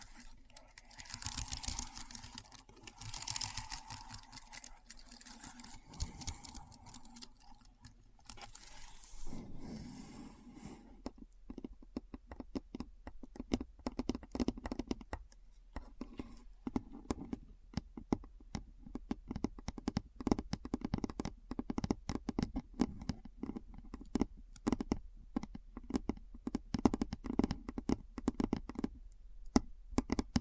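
Keyboard sounds: dense, quick clicking and tapping throughout the 30 seconds, with a fairly even rhythm of sharp keystrokes. The first ten seconds are busier and mixed with a smoother rustling, handling sound, then the rest settles into crisp, separate taps with brief pauses.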